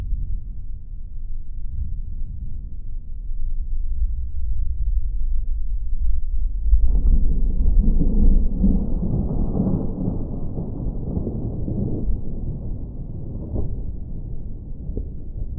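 Low thunder rumbles steadily, its deep roll staying mostly below the midrange for the first seven seconds. Around seven seconds the rumble swells into a fuller, rougher roll that peaks near ten seconds, then slowly eases while still grumbling on to the end.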